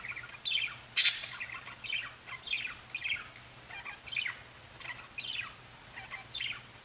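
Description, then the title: Budgerigar chatter: a steady string of short warbling chirps and squeaky notes, with one sharp click near the start, over a low background hum. "Budgie Sounds"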